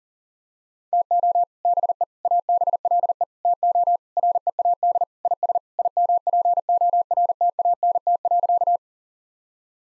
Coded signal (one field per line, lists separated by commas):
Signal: Morse code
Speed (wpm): 40 wpm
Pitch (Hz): 700 Hz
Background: none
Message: TO BE ABLE TO READ IS IMPORTANT.